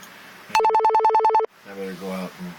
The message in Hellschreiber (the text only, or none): none